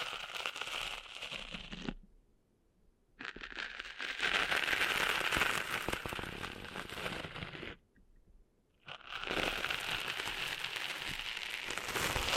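Cleaning sand out of ears: dense, scratchy crackling and rustling, bright and gritty, comes in three long stretches. Two short, nearly silent pauses break it, around two and eight seconds, before the rough scraping starts again at the same steady intensity.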